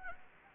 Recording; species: mosquito wingbeat signal from an infrared sensor; Anopheles gambiae